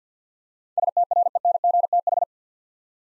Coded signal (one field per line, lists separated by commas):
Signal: Morse code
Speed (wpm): 50 wpm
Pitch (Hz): 700 Hz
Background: none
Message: STRENGTH